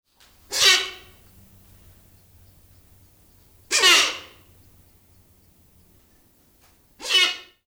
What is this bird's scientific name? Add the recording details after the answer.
Bycanistes brevis. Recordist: Tembrock, Günter. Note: Kurzlaute eines Weibchens